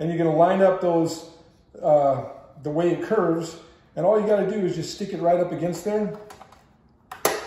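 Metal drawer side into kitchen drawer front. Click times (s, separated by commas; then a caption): 7.1 s, 7.2 s. Someone talks while a metal flat-pack kitchen drawer side, the side with the bins, is lined up with the curve of the drawer front and pushed up against it. Two sharp clicks at 7.1 s and 7.3 s mark the drawer side seating into the drawer front.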